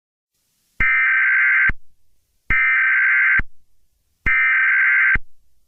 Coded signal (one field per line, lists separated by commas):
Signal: Emergency Alert System (SAME) tones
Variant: header bursts